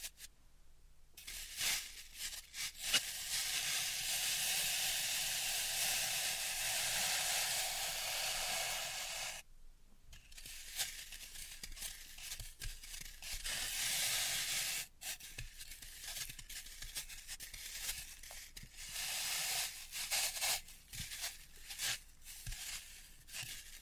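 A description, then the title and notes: Floral foam is crushed and cut, making a dense, bright crackling hiss that runs almost continuously, with brief pauses near 1 second and 9 to 10 seconds. Sharp ticks and snaps punctuate the texture, and the last stretch is patchier, with more separate crunches. Dry vs Wet Floral Foam Tapping, Cutting and Crushing. (No Talking).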